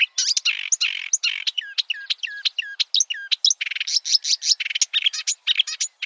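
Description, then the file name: Marsh warbler song, a lively rapid medley of descending whistled slurs, buzzy rattles and sharp chirps delivered almost without pause. "suara-kicauan-burung-marsh-warbler -omkicau"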